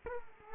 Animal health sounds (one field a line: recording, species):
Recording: mosquito wingbeat signal from an infrared sensor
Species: Culex quinquefasciatus